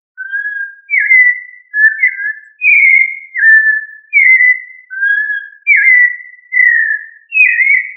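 Thrush singing a steady series of mellow whistled notes, some rising and some falling, given in quick succession with brief gaps and no other sounds.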